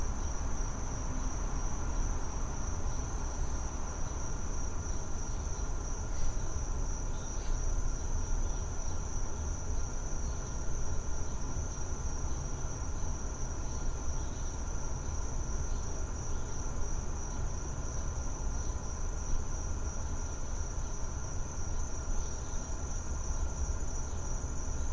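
A back yard with a steady, unbroken insect drone, a high, thin whine that holds at the same pitch for the whole stretch. Underneath sits a constant low rumble, like traffic, and the overall level stays even with no distinct events.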